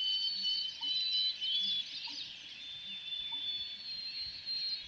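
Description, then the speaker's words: American bittern pumping: several deep, hollow gulping notes under a dense high-pitched chorus. Large, secretive heron of wetlands and lake edges, in Voyageurs National Park; far-carrying call likened to an old farm pump. "Right there. It's coming from an American bittern."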